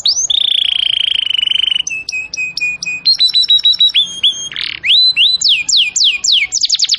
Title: Cengkok Kenari Mewah. MASTERAN KENARI CENGKOK mewah